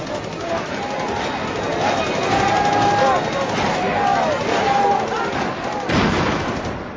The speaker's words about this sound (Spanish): La policía atacó y se desató una reyerta a gran escala. Al final, los disparos de pistola consiguieron dispersar a la multitud.